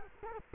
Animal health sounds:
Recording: mosquito wingbeat signal from an infrared sensor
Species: Culex quinquefasciatus

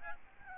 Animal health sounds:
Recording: mosquito wingbeat signal from an infrared sensor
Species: Aedes albopictus

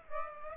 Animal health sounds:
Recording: mosquito wingbeat signal from an infrared sensor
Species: Aedes aegypti

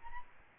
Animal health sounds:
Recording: mosquito wingbeat signal from an infrared sensor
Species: Aedes albopictus

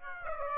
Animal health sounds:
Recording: mosquito wingbeat signal from an infrared sensor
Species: Aedes aegypti

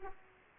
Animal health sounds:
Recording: mosquito wingbeat signal from an infrared sensor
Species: Aedes aegypti

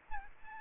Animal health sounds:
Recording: mosquito wingbeat signal from an infrared sensor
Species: Aedes aegypti

